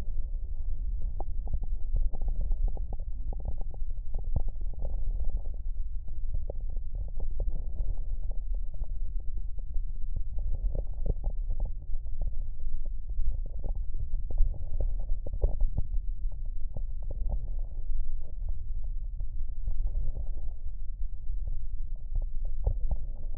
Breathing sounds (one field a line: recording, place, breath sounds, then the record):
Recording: lung sounds by stethoscope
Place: right posterior lower chest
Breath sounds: expiratory wheeze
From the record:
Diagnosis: asthma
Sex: female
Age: 60 years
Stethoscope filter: extended mode, 50 to 500 Hz